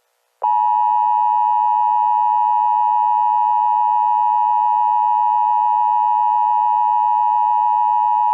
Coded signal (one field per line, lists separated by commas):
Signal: Emergency Alert System (SAME) tones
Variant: 853 and 960 Hz attention tone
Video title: Hell Emergency Alert System | Hazbin Hotel Fan Made